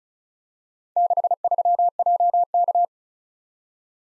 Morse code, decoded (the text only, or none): 63JK